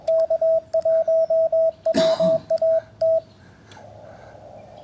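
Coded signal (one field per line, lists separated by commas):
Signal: Morse code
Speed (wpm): 21 wpm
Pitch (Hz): 660 Hz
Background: radio noise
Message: K1WAT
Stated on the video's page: CW Parks on the Air activation on 20 m from a portable station, using a G90 into an end-fed random wire with a home-brew 9:1 transformer.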